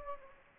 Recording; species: mosquito wingbeat signal from an infrared sensor; Anopheles gambiae